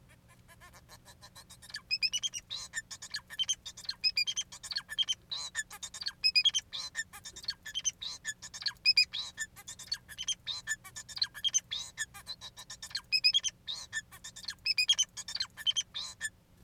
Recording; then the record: song of a male Bengalese finch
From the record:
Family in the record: son of father 4